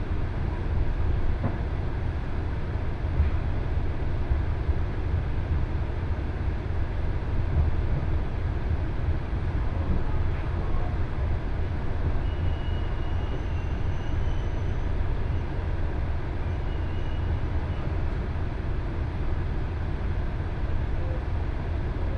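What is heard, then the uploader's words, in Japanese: A two-car KiHa 110 series diesel train runs along at speed, its deep rumble steady and dense for the whole stretch with no real build or fade. Faint clicks and brief thin whistling tones surface now and then above the roar. 鉄道旅 気仙沼線 前谷地→柳津。キハ110系の２両編成が快走していきます。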